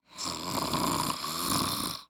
Human Female Snoring.